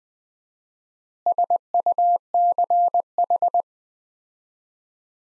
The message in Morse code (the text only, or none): SUCH